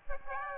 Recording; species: mosquito wingbeat signal from an infrared sensor; Aedes aegypti